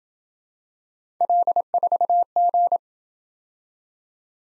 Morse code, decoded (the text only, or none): L4G